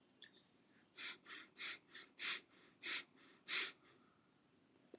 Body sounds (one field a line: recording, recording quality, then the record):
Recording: shallow breathing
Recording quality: excellent, no background noise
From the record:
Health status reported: healthy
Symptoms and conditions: none ticked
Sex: male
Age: 20 years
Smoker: not ticked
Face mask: not worn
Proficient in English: yes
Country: India